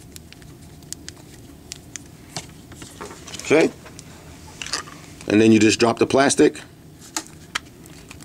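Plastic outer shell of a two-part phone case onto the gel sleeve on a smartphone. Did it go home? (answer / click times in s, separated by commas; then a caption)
yes / 7.2 s, 7.6 s. Someone talks while the hard plastic outer shell of a two-part Kayscase phone case (for the Samsung Galaxy S4 and HTC One) is dropped over the gel inner sleeve already on the smartphone and pressed on, with light ticks and handling taps along the way. The shell snaps into place with sharp clicks at 7.2 s and 7.6 s, and the case is seated.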